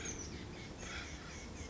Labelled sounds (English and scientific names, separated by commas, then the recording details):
Oak Titmouse (Baeolophus inornatus)
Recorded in Sonoma County, California